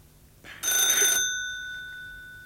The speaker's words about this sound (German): Das Telefon.